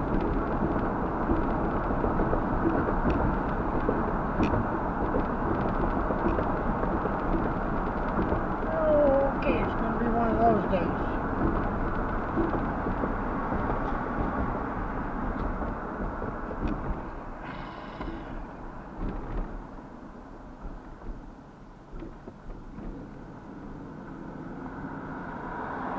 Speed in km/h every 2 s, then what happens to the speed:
74, 74, 74, 72, 72, 66, 60, 48, 40, 34, 23, 19, 24.
0-8 steady at about 74. 8-21 brakes to 19.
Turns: none.